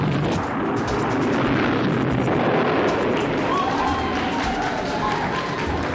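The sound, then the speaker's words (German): The first one-metre prototype of the Sternenschmetterling (Star Butterfly) rocket ignites and launches on a winter night, with a loud, steady, rushing roar that holds at full strength for several seconds, broad and rumbling with a hissing edge and no pauses. “In einer Winternacht wurde der erste einen Meter große Prototyp des Sternenschmetterlings gezündet.”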